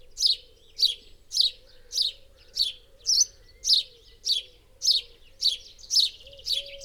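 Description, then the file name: House sparrow producing a regular sequence of loud, scratchy chirps nearly twice a second, with a faint steady hum below. "Passer domesticus"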